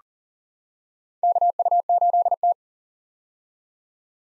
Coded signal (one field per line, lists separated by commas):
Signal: Morse code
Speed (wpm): 40 wpm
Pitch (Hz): 700 Hz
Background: none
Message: KU8T